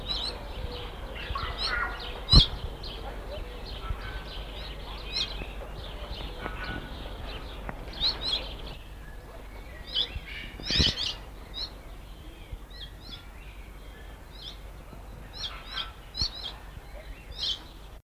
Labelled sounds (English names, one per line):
Emerald Starling call